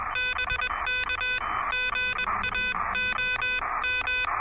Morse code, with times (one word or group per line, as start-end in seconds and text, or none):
0.2-1.4 BK
1.7-4.3 GAOM